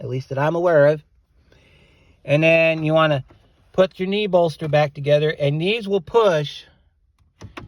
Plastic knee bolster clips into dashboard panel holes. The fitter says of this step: and you'll hear an audible click because they have a